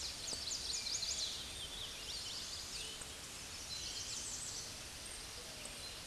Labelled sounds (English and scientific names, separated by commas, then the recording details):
American Redstart (Setophaga ruticilla) song
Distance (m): 35 m
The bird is about 5 m above the microphone
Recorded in a Pennsylvania forest on 16 May 2024 at 06:07
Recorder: AudioMoth, point MSD-0827
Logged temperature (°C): 12.1 °C
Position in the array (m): 105 m, 231 m